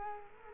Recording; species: mosquito wingbeat signal from an infrared sensor; Culex quinquefasciatus